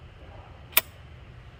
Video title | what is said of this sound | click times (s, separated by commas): Trying Electric Scooter for the First Time- -TurboAnt V8 Dual Battery E-Scooter - Xnito Helmet | did you guys hear that you want to make sure that it clicks in place so the scooter does not vote on you while you're here riding so | 0.8 s